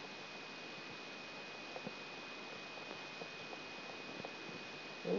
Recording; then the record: brain microelectrode recording played as sound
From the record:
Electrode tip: outside the subthalamic nucleus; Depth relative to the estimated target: -6 mm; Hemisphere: left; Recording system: AlphaMap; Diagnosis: Parkinson's disease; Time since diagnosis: 7 years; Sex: female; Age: 56 years